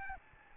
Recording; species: mosquito wingbeat signal from an infrared sensor; Aedes albopictus